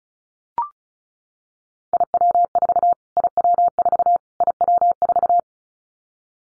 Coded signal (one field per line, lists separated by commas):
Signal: Morse code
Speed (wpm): 34 wpm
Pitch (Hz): 700 Hz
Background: none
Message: IW4 IW4 IW4